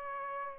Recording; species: mosquito wingbeat signal from an infrared sensor; Aedes aegypti